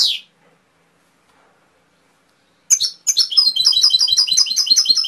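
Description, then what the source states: Canary song: a brief high note, a gap of silence, then a fast run of repeated chirping trills from about three seconds to the end. Canary training (masteran) song with full fill-in (isian) phrases.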